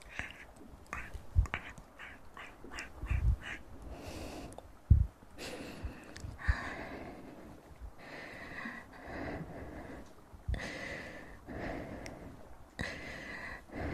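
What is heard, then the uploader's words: Mouth sounds and breathing: a string of short wet clicks, smacks and snort-like bursts, some almost quacking, mixed with longer breathy exhales. Sharp pops land near 1.5, 5 and 13 seconds, with steadier hissing breaths in between and soft gaps of near silence. Mouth Sounds & Breathing.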